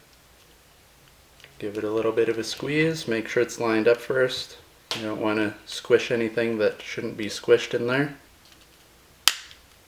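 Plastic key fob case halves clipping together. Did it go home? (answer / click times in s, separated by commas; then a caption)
yes / 9.3 s. Someone talks while the two plastic halves of a car key fob case are lined up and squeezed back together after the battery change. A clip snaps home with a single sharp click at 9.3 s, and the case is seated.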